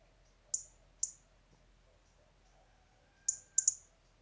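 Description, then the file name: European robin ticking sharply: two high clicks half a second apart, a pause, then a rapid cluster of three. "Erithacus rubecula"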